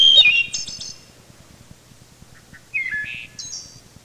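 Wood thrush song: a flute-like phrase ending in a high trill, a few soft notes, then another flute-like phrase ending in a high, shimmering trill.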